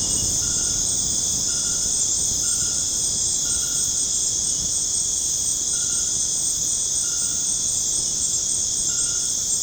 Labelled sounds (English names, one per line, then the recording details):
none
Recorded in dense forest near Puerto Asís, Putumayo, Colombia, on 29 June 2025 at 19:00
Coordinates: 0.486, -76.317
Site G065